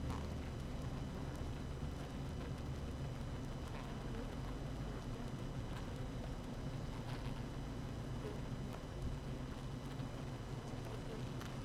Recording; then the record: honeybee colony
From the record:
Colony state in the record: active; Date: 12 June 2018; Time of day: 6:49